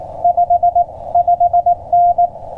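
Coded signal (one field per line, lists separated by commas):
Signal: Morse code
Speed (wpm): 19 wpm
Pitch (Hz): 700 Hz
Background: none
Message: 5 5N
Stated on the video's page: CW park activation with a Yaesu FT-891 at 20 watts into a 20m end-fed half-wave antenna on a portable mast.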